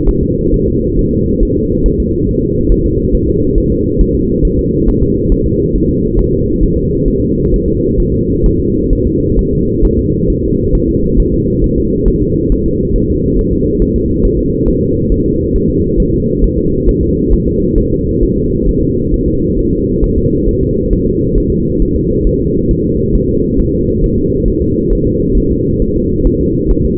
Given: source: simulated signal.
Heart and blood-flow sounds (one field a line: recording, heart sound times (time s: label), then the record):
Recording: fetal heart sounds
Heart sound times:
0.09 s: S1
0.23 s: S2
0.54 s: S1
0.68 s: S2
0.99 s: S1
1.13 s: S2
1.43 s: S1
1.57 s: S2
1.86 s: S1
2.00 s: S2
2.29 s: S1
2.43 s: S2
2.72 s: S1
2.86 s: S2
3.15 s: S1
3.29 s: S2
3.58 s: S1
3.72 s: S2
4.01 s: S1
4.15 s: S2
4.45 s: S1
4.59 s: S2
4.88 s: S1
5.03 s: S2
5.32 s: S1
5.46 s: S2
5.75 s: S1
5.90 s: S2
6.19 s: S1
6.33 s: S2
6.63 s: S1
6.77 s: S2
7.08 s: S1
7.22 s: S2
7.54 s: S1
7.68 s: S2
8.00 s: S1
8.14 s: S2
8.46 s: S1
8.60 s: S2
8.93 s: S1
9.07 s: S2
9.39 s: S1
9.53 s: S2
9.85 s: S1
9.99 s: S2
10.30 s: S1
10.44 s: S2
10.75 s: S1
10.89 s: S2
11.20 s: S1
11.34 s: S2
11.64 s: S1
11.78 s: S2
12.08 s: S1
12.22 s: S2
12.52 s: S1
12.66 s: S2
12.96 s: S1
13.10 s: S2
13.39 s: S1
13.53 s: S2
13.82 s: S1
13.96 s: S2
14.25 s: S1
14.39 s: S2
14.68 s: S1
14.82 s: S2
15.12 s: S1
15.26 s: S2
15.56 s: S1
15.70 s: S2
16.00 s: S1
16.14 s: S2
16.44 s: S1
16.58 s: S2
16.89 s: S1
17.03 s: S2
17.34 s: S1
17.47 s: S2
17.78 s: S1
17.92 s: S2
18.23 s: S1
18.37 s: S2
18.69 s: S1
18.83 s: S2
19.14 s: S1
19.28 s: S2
19.59 s: S1
19.73 s: S2
20.04 s: S1
20.18 s: S2
20.49 s: S1
20.63 s: S2
20.93 s: S1
21.07 s: S2
21.38 s: S1
21.52 s: S2
21.82 s: S1
21.96 s: S2
22.27 s: S1
22.41 s: S2
22.71 s: S1
22.85 s: S2
23.15 s: S1
23.29 s: S2
23.59 s: S1
23.74 s: S2
24.04 s: S1
24.18 s: S2
24.48 s: S1
24.62 s: S2
24.93 s: S1
25.07 s: S2
25.37 s: S1
25.51 s: S2
25.82 s: S1
25.96 s: S2
26.27 s: S1
26.41 s: S2
26.71 s: S1
26.85 s: S2
From the record:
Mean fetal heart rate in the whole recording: 135 bpm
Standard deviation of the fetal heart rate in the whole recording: 3 bpm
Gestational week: 36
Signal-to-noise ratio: -14.7 dB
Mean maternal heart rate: 72 bpm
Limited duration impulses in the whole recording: present